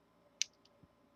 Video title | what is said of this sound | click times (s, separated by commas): Professional Nail Drill Machine, Gugusure 30000 RPM Rechargeable Nail Drill Review, Works well for m | just twist it counterclockwise until you hear a click | 0.4 s